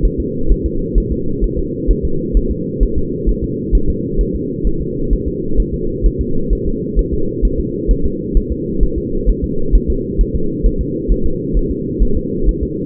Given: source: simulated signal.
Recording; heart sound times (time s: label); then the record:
fetal heart sounds
0.05 s: S1
0.20 s: S2
0.52 s: S1
0.66 s: S2
0.98 s: S1
1.12 s: S2
1.44 s: S1
1.59 s: S2
1.91 s: S1
2.05 s: S2
2.37 s: S1
2.52 s: S2
2.83 s: S1
2.98 s: S2
3.29 s: S1
3.44 s: S2
3.75 s: S1
3.90 s: S2
4.21 s: S1
4.36 s: S2
4.67 s: S1
4.81 s: S2
5.13 s: S1
5.28 s: S2
5.60 s: S1
5.74 s: S2
6.06 s: S1
6.21 s: S2
6.53 s: S1
6.67 s: S2
6.99 s: S1
7.14 s: S2
7.45 s: S1
7.60 s: S2
7.91 s: S1
8.06 s: S2
8.37 s: S1
8.52 s: S2
8.83 s: S1
8.98 s: S2
9.29 s: S1
9.44 s: S2
9.75 s: S1
9.90 s: S2
10.21 s: S1
10.36 s: S2
10.66 s: S1
10.81 s: S2
11.11 s: S1
11.26 s: S2
11.57 s: S1
11.71 s: S2
12.02 s: S1
12.17 s: S2
12.49 s: S1
12.63 s: S2
From the record:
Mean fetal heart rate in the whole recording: 130 bpm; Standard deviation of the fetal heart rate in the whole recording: 2 bpm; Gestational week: 36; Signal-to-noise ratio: -8.1 dB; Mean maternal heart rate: 72 bpm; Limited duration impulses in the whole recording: absent